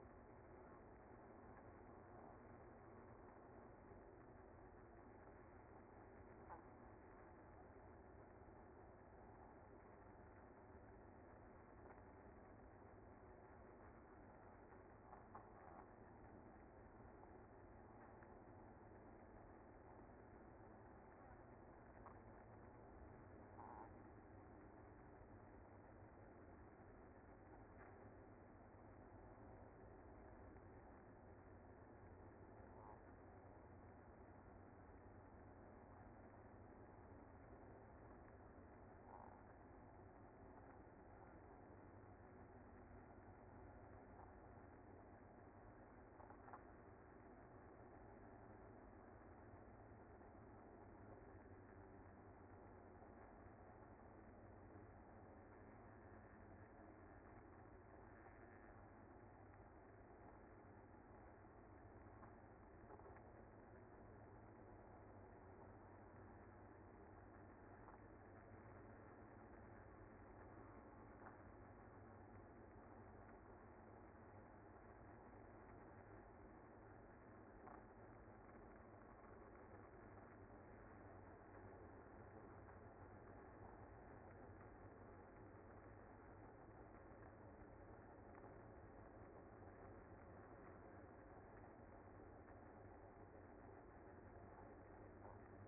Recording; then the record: honeybee colony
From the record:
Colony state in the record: active